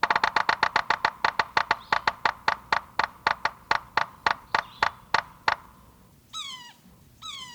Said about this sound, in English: We call it Sapsucker Woods because here the yellow-bellied sapsucker finds a place sufficiently cool to satisfy its Canadian urge and sound its irregular Morse code and rear its young south of its normal range.